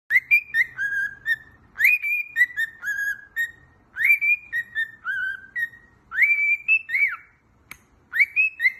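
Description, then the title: Cockatiel whistling a clear melodic phrase of rising then falling notes, repeated about every two seconds with slight variations, each phrase ending on a steady tone. Cockatiels singing a whistled tune. "Calopsitas Cantando Assobio"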